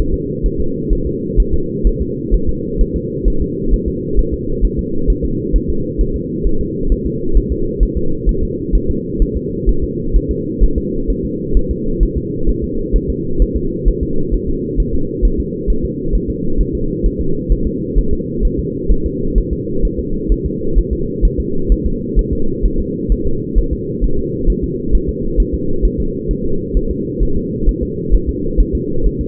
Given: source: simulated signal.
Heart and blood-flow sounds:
fetal heart sounds
0.14 s: S2
0.46 s: S1
0.60 s: S2
0.93 s: S1
1.07 s: S2
1.40 s: S1
1.54 s: S2
1.87 s: S1
2.02 s: S2
2.34 s: S1
2.49 s: S2
2.81 s: S1
2.96 s: S2
3.28 s: S1
3.42 s: S2
3.73 s: S1
3.88 s: S2
4.19 s: S1
4.34 s: S2
4.65 s: S1
4.79 s: S2
5.10 s: S1
5.25 s: S2
5.56 s: S1
5.70 s: S2
6.01 s: S1
6.16 s: S2
6.47 s: S1
6.61 s: S2
6.92 s: S1
7.06 s: S2
7.37 s: S1
7.52 s: S2
7.83 s: S1
7.97 s: S2
8.29 s: S1
8.43 s: S2
8.75 s: S1
8.90 s: S2
9.22 s: S1
9.37 s: S2
9.69 s: S1
9.84 s: S2
10.16 s: S1
10.31 s: S2
10.63 s: S1
10.78 s: S2
11.10 s: S1
11.25 s: S2
11.57 s: S1
11.71 s: S2
12.03 s: S1
12.18 s: S2
12.49 s: S1
12.64 s: S2
12.96 s: S1
13.10 s: S2
13.42 s: S1
13.57 s: S2
13.88 s: S1
14.03 s: S2
14.34 s: S1
14.49 s: S2
14.80 s: S1
14.94 s: S2
15.25 s: S1
15.40 s: S2
15.70 s: S1
15.85 s: S2
16.15 s: S1
16.30 s: S2
16.61 s: S1
16.75 s: S2
17.06 s: S1
17.21 s: S2
17.52 s: S1
17.67 s: S2
17.98 s: S1
18.13 s: S2
18.45 s: S1
18.59 s: S2
18.91 s: S1
19.06 s: S2
19.38 s: S1
19.53 s: S2
19.85 s: S1
19.99 s: S2
20.32 s: S1
20.46 s: S2
20.78 s: S1
20.93 s: S2
21.25 s: S1
21.40 s: S2
21.72 s: S1
21.86 s: S2
22.19 s: S1
22.33 s: S2
22.65 s: S1
22.80 s: S2
23.12 s: S1
23.27 s: S2
23.58 s: S1
23.73 s: S2
24.04 s: S1
24.19 s: S2
24.50 s: S1
24.64 s: S2
24.95 s: S1
25.09 s: S2
25.40 s: S1
25.54 s: S2
25.85 s: S1
26.00 s: S2
26.31 s: S1
26.45 s: S2
26.77 s: S1
26.91 s: S2
27.23 s: S1
27.37 s: S2
27.69 s: S1
27.83 s: S2
28.14 s: S1
28.29 s: S2
28.60 s: S1
28.75 s: S2
29.06 s: S1
29.21 s: S2
From the record:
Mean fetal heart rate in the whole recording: 130 bpm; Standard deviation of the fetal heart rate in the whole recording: 2 bpm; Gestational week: 36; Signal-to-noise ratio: -8.1 dB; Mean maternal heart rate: 72 bpm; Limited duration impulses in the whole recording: absent

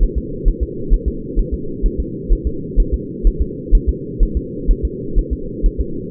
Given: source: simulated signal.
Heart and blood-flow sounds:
fetal heart sounds
0.03 s: S1
0.18 s: S2
0.48 s: S1
0.63 s: S2
0.94 s: S1
1.08 s: S2
1.39 s: S1
1.54 s: S2
1.86 s: S1
2.00 s: S2
2.33 s: S1
2.47 s: S2
2.80 s: S1
2.94 s: S2
3.27 s: S1
3.42 s: S2
3.75 s: S1
3.89 s: S2
4.23 s: S1
4.37 s: S2
4.71 s: S1
4.85 s: S2
5.19 s: S1
5.33 s: S2
5.66 s: S1
5.80 s: S2
From the record:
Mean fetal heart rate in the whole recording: 130 bpm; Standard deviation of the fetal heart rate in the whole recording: 2 bpm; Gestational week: 38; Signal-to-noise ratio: -4.3 dB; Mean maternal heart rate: 72 bpm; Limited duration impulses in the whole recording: absent

